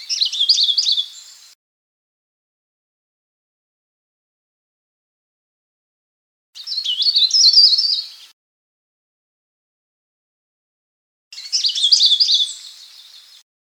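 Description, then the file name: Sulawesi leaf warbler song: three short, high, rapidly warbled phrases, each lasting a second or two, separated by several seconds of silence. "kicauan cikrak sulawesi. omkicau"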